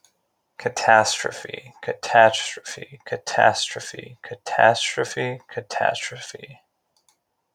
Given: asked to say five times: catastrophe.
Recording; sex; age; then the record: repeated word; male; 40 to 49 years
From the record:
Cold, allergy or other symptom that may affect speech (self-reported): no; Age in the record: 40 years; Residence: Arizona, United States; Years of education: 12